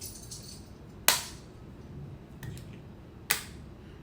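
An unlocked single-dose auto-injector pen is pressed against the skin and pushed to deliver an injection. Two loud, sharp clicks sound at 1.1 s and 3.3 s, marking the start and end of the injection, with faint softer ticks between them. The pen activates and completes the dose.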